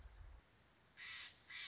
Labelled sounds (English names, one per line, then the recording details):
American Robin
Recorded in Sonoma County, California